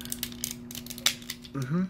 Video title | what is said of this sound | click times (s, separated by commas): Superion Review Part 2 Fireflight | kind of just lock into place like there | 0.1 s, 0.2 s, 0.4 s, 1.1 s